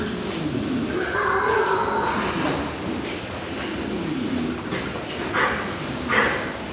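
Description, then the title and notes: Pig squeals, a few harsh, shrill cries in the first seconds over low grunting and a constant clattering, rushing barn noise. Recorded inside a pig farm at Mas Reig; ambience of the barn interior. "SBG, Mas Reig - Granja de cerdos. Mas Reig, cerdos. Ambiente en el interior de la granja"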